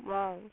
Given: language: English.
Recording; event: throat vibration sensor signal played as sound; speech